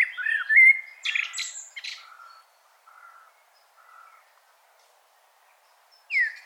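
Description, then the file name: Common blackbird song: a rich fluted phrase breaking into a high scratchy flourish, then a few soft low notes and the start of another phrase. "Turdus merula"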